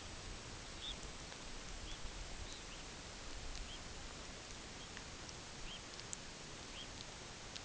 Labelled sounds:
Red Phalarope (Phalaropus fulicarius)
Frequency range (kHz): Red Phalarope (Phalaropus fulicarius) 2.0-5.2 kHz
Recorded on Arctic tundra, site UTQI-8, on 15 June 2019
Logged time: 22:00

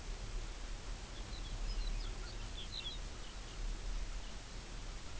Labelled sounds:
unidentified sound, Lapland Longspur (Calcarius lapponicus)
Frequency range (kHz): Lapland Longspur (Calcarius lapponicus) 2.1-5.8 kHz
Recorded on Arctic tundra, site UTQI-5, on 24 June 2018
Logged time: 12:00

